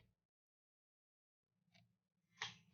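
A CPU cooler push pin is pressed down into a motherboard hole, one of four pins lined up with the holes, until it clicks and seats. A faint low hum and a softer tick near 1.8 s come before a sharp, bright click at 2.4 s.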